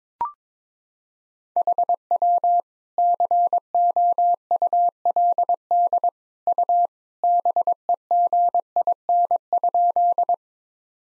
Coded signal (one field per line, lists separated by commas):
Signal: Morse code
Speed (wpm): 22 wpm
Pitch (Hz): 700 Hz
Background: none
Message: HW COULD U BEGIN?